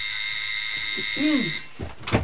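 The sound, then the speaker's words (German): A doorbell rings with a bright, steady electronic tone for over a second, followed by a brief warbling note and a couple of short clunky knocks. “Das ist sie. Klingeln hört sich irgendwie gesprächig an.”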